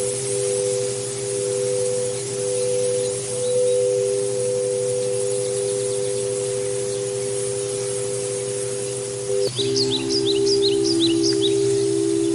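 Singing bowls ring in a steady, sustained tone under a soft breeze, holding the same pitch for about nine seconds. Near the tenth second the tone shifts to a new, slightly lower pair of notes, and quick bird chirps break out repeatedly over it.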